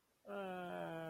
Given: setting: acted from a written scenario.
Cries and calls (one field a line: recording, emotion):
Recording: vocal sound without words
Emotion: adoration